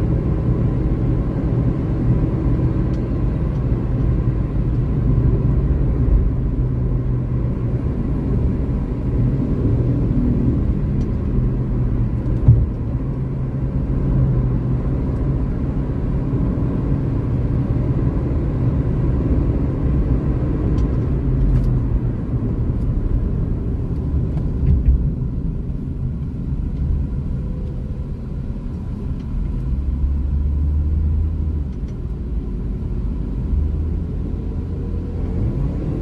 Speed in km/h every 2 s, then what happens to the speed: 122, 119, 104, 101, 106, 95, 99, 103, 108, 113, 85, 56, 27, 18, 22, 29, 35, 44.
0-5 brakes to 101. 5-10 steady at about 101. 10-19 speeds up to 113. 19-26 brakes to 18. 26-36 speeds up to 44.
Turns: 23-27, 27-36.